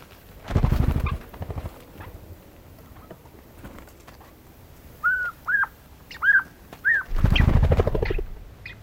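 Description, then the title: Siberian jay with four clear whistled mewing notes in quick succession, between loud low rumbling bursts of noise at the start and end. "Viikon luontoääni: Kuukkeli"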